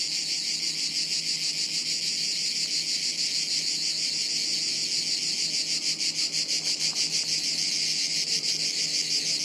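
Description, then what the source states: Many cicadas making a constant shrill drone, its fast pulsing growing stronger in the second half. Chorus of cicadas high in trees overhead, woods near Sirolo, Italy, hot afternoon, August 23.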